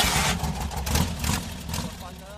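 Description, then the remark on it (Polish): An engine cranks and catches with a burst of noise, then settles into a steady, low, throbbing idle with a rough, pulsing rumble that stays fairly loud throughout. “To jest ciśnienie oleju, a to jest... Tak, weź zapal jeszcze raz.”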